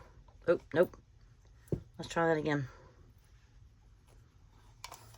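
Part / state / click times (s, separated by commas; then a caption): button back pressed into the shell in a button punch / partly seated / 4.8 s. A 1-inch button punch is squeezed a second time to crimp a paper button shell and button back together. Someone talks, then the punch gives a sharp click at 4.8 s. The click sounds, but the button back does not take and the button does not form.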